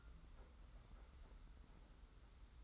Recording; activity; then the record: daily activity, microphone in the room; take from stove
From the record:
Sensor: 3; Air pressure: 991.0 hPa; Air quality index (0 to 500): 102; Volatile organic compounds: 35 ppm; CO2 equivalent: 3067 ppm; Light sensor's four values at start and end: 45/124/51/44 and 45/124/51/44